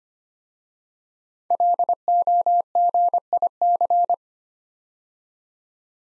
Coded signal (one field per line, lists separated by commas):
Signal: Morse code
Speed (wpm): 25 wpm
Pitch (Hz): 700 Hz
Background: none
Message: LOGIC